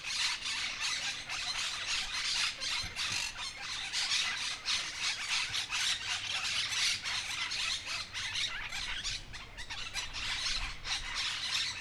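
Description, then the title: Monk parakeet flock, a steady din of harsh squawks and sharper squeals from many birds calling together without a break. Noisy group of birds chattering together for a while in a town street, Humanes de Madrid, Madrid, Spain; recorded with a Zoom H1n recorder. "Calle Lavadero, 3, 28970 Humanes de Madrid, Madrid, España - Grupo de Cotorras Argentinas [Myiopsitta monachus]"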